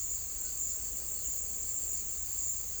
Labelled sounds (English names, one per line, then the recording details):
none
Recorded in pastures near Puerto Asís, Putumayo, Colombia, on 21 December 2024 at 16:30
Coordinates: 0.487, -76.322
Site GP09